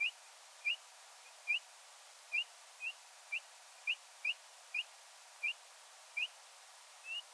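Eurasian dotterel calls: thin, short upslurred whistled notes repeated roughly every half second, about a dozen in seven seconds, over faint steady hiss.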